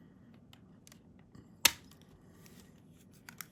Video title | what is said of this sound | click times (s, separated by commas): Radxa Palmshell Slim X2L Mini PC Exciting Device Full of Possibilities | everything just kind of snaps in place want to make sure you're really careful with it | 1.7 s